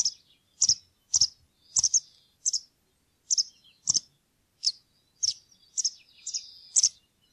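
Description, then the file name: White wagtail: many bright, high chirps, some doubled, repeated at short, fairly regular intervals. "linerle"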